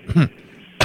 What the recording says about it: I have this horrible cough because I have been smoking weed.